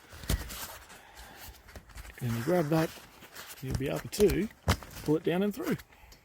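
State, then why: Not seated. Someone talks while handling the sliding bracket on a metal leg of a 3-metre Oztrail Gazebo Deluxe pop-up gazebo, pulling it down toward the first height setting where the spring button locks into the leg's height-adjust hole. Brief handling knocks are heard, including a sharp one at 0.3 s. Nothing has seated or clicked yet.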